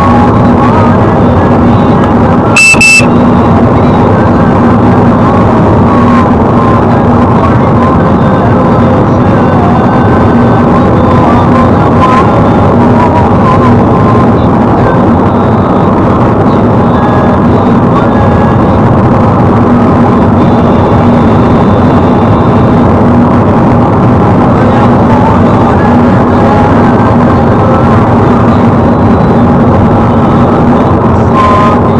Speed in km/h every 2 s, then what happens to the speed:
121, 120, 121, 119, 118, 115, 116, 119, 120, 121, 122, 122, 119, 112, 107, 105.
0-13 steady at about 119. 13-22 speeds up to 122. 22-32 slows to 105.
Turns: none.